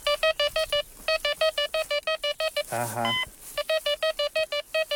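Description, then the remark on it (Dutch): A metal detector, carried by a farmer walking over his fallow field, beeps in rapid, evenly spaced bursts of bright electronic tones, briefly interrupted by a man's short spoken exclamation before the quick beeping resumes. “En nu gaat hij piepen.”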